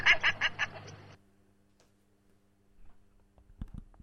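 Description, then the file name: Common shelduck call: a quick burst of five harsh, nasal notes in about one second, then near silence with a few faint knocks. "Gravand"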